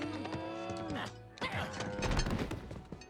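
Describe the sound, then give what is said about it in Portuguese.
Cows being driven along low in long, drawn-out moos that overlap for the first second, followed by a burst of clattering, thumping commotion and more scattered bovine calls. “Vamos, suas vacas estúpidas, vamos.”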